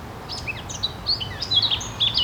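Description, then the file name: Birds singing, a busy run of high, quick chirps and short twittering phrases, some rising and falling, over a constant low rumble of background noise. Birds singing in a city park. "Singing Birds in the City Park"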